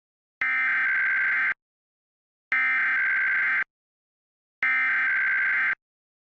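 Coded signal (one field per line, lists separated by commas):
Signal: Emergency Alert System (SAME) tones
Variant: header bursts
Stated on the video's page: Alerts played back with a weather alert archive app on an iPad Air 2, including required monthly tests, a dust storm warning, a flash flood watch and a hazardous materials warning.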